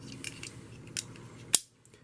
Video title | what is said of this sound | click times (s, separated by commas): Hinderer Full Track Review | It just snaps right in. | 1.5 s